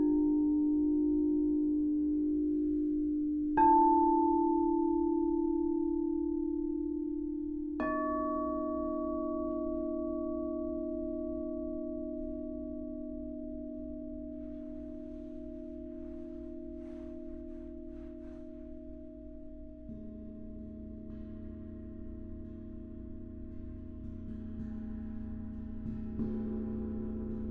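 A sound bath of singing bowls and chimes, with soft strikes near 4 and 8 seconds whose bright ringing decays slowly. Beneath them a low, steady hum of sustained tones continues throughout, shifting to a deeper drone around 20 seconds.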